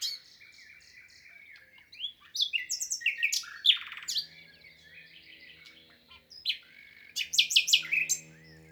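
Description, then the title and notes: Common nightingale song with varied whistles, rapid loud repeated notes and twittering phrases separated by short pauses, over a faint low hum. Wild bird singing in spring, 22 April 2020, Lesches-en-Diois, France, recorded amid human silence shortly after arrival; stereo recording with Nagra Seven and MKH8040. "LE TÉNOR DES LISIÈRES. 22 avril 2020-Lesches en diois. le chant du Rossignol Philomène (Luscinia megarhynchos)"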